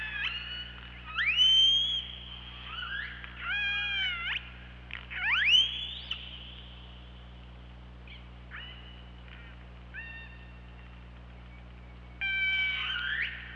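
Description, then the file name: Orca calls in a busy series: harmonic upsweeps, short stacked pulsed bursts and rising whistle-like tones, with pauses between groups and a steady low hum beneath. Recorded on an OrcaLab hydrophone on 24 August 2017, around 23:36. "Orca Lab UTLN JASON 20170824 233652"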